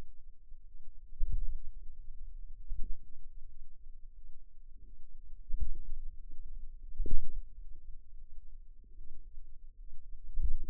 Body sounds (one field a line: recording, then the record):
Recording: forearm muscle sounds (acoustic myography)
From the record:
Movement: pen grasping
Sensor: system 2, bracelet of six BSWA MPA416 microphones around the upper forearm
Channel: 6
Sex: female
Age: 23 years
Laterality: right